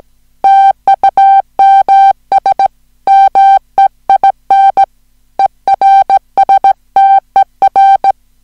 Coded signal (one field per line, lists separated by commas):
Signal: Morse code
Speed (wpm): 17 wpm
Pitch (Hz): 780 Hz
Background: music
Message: TUMS MEIN ERSTER